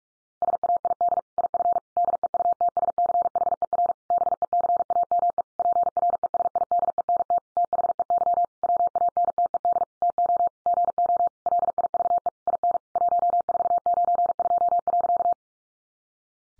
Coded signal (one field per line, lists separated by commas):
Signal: Morse code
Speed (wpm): 44 wpm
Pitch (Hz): 700 Hz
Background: none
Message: SAID IF DEUTSCHER BECAME PRESIDENT THEY WANTED TO GO LIVE IN 1492.